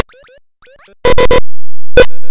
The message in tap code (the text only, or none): none